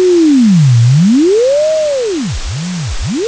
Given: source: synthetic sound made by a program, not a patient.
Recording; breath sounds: synthetic breath sounds; wheeze